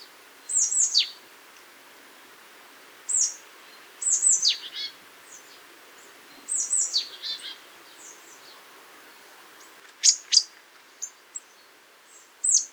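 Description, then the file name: Marsh tit calls: sharp high downward notes in repeated groups every few seconds, with a faint steady background hiss. "Poecile palustris"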